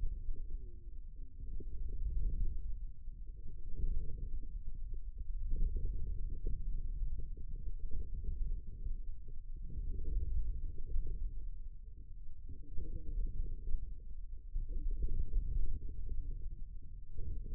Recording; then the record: forearm muscle sounds (acoustic myography)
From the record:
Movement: inward rotation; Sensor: system 2, bracelet of six BSWA MPA416 microphones around the upper forearm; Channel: 4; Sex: male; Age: 22 years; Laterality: right